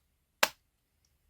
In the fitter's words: There's the click.